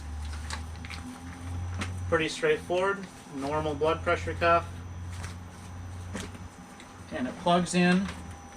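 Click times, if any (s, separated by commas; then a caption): none. A blood pressure cuff hose connector is handled near the NIBP port on the side of a cardiac monitor while someone talks over a steady low hum. The connector has not seated or clicked into the port yet.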